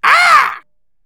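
Crow giving a single harsh, drawn-out caw lasting about half a second, rasping and slightly arched in pitch, followed by silence.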